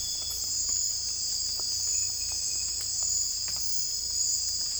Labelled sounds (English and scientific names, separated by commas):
none